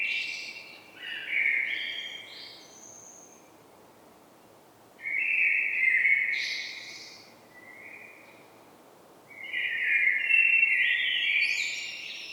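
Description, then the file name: Common blackbird singing three separate phrases, about four seconds apart, each a mellow fluted warble followed by high scratchy twittering. "Turdus merula"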